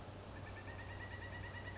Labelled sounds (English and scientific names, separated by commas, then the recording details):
Pileated Woodpecker (Dryocopus pileatus)
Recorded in Sonoma County, California